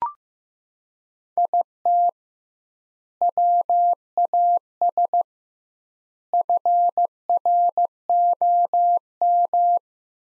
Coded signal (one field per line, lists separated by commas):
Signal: Morse code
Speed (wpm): 15 wpm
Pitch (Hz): 700 Hz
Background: none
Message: IT WAS FROM